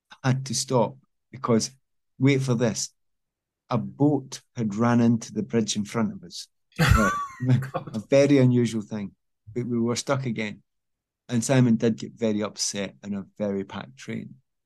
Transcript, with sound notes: had to stop because-- wait for this-- a boat had ran into the bridge in front of us.
[LAUGHS] Oh, my God.
A very unusual thing. But we were stuck again. And Simon did get very upset in a very packed train.